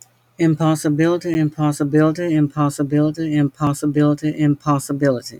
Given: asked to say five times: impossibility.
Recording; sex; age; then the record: repeated word; female; 40 to 49 years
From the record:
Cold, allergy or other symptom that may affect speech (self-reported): no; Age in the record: 46 years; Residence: Mississippi, United States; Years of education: 15